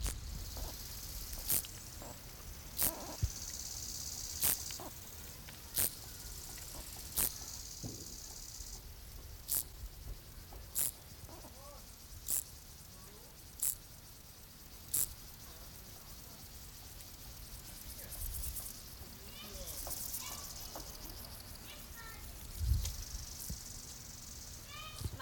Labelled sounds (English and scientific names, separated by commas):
Field Grasshopper (Chorthippus brunneus) stridulation, Bow-winged Grasshopper (Chorthippus biguttulus)